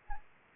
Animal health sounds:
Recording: mosquito wingbeat signal from an infrared sensor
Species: Anopheles gambiae

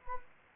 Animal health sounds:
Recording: mosquito wingbeat signal from an infrared sensor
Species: Anopheles arabiensis

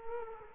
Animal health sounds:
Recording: mosquito wingbeat signal from an infrared sensor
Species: Culex quinquefasciatus

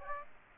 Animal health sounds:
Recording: mosquito wingbeat signal from an infrared sensor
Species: Aedes aegypti

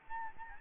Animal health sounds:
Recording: mosquito wingbeat signal from an infrared sensor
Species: Aedes albopictus

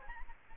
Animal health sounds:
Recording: mosquito wingbeat signal from an infrared sensor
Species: Aedes albopictus

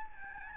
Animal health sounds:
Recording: mosquito wingbeat signal from an infrared sensor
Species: Aedes albopictus

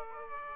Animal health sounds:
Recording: mosquito wingbeat signal from an infrared sensor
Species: Aedes aegypti

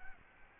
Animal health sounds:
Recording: mosquito wingbeat signal from an infrared sensor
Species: Aedes albopictus

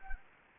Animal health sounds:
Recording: mosquito wingbeat signal from an infrared sensor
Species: Anopheles gambiae

